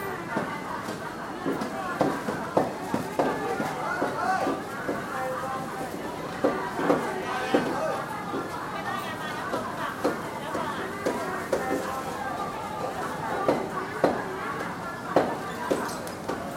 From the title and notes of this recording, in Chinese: Hong Kong-and its three wet markets。這段聲音是在街市旁馬路中心位置採集的，捕捉到小販熟練而忙碌的叫賣聲。